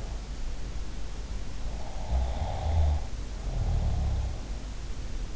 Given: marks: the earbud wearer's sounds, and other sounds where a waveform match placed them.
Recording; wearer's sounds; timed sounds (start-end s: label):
sounds in sleep by an in-ear microphone; snoring breath
1.76-4.51 s: snoring breath